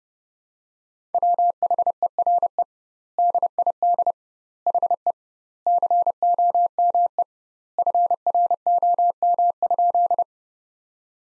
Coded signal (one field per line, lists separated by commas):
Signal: Morse code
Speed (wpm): 30 wpm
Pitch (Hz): 700 Hz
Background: none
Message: WHERE DID HE COME FROM?